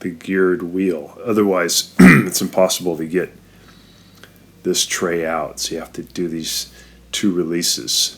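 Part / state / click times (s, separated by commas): plastic release tab on the freezer drawer rail / released / 4.2 s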